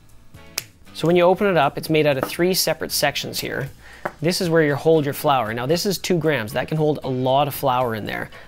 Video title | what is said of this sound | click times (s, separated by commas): Store & Grind - Product Demo | Now it locks tight here. Just wait, I want to close it so you can hear it click. | 0.6 s